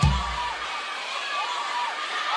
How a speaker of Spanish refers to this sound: Muchísimas gracias y los aplausos fuertes